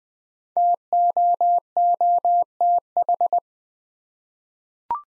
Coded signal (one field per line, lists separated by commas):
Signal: Morse code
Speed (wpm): 20 wpm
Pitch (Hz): 700 Hz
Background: none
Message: TOOTH